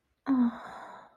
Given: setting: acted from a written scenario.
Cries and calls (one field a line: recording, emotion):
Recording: vocal sound without words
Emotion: desire